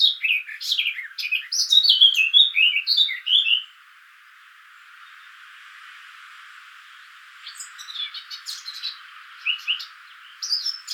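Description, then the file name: Eurasian blackcap song: a scratchy warble breaking into clear fluty whistles that drop in pitch, then near silence before soft chattering phrases return. "Sylvia atricapilla"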